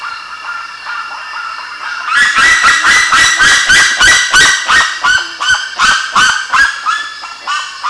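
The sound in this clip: Birds calling: after about two seconds, loud harsh harmonic calls start over softer calling and repeat about three times a second.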